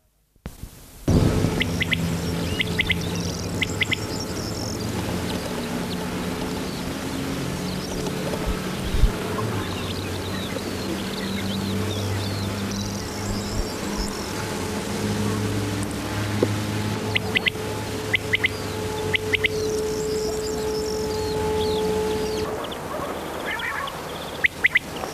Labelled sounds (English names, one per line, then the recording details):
Common Quail call
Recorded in the wild
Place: La Laguna, Kanarische Inseln, Provinz Santa Cruz de Tenerife, ES
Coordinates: 28.4833, -16.3167
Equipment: Halbspur, 9,5 cm/s
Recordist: Lütgens, Hans